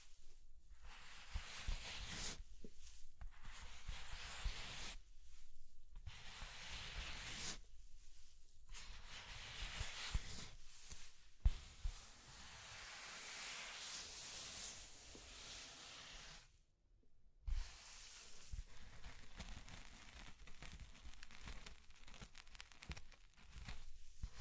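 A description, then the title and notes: Scratching and tracing sounds come in long rough strokes, a dry hiss spread from low rumble up to a bright, airy top. The strokes pause briefly at irregular moments, near 2, 5, 8 and 11 seconds, with a longer silence around 17 seconds before resuming. ASMR Mind Tingling Scratching and Tracing Sounds (No Talking).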